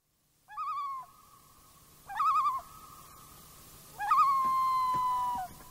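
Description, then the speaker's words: Common loon calls, three phrases each opening with a quavering note and trailing into a long steady wail, separated by short pauses. Calls echoing across mountain lakes in Glacier National Park. "Glacier National Park, common loon calls echo across the crystal clear water."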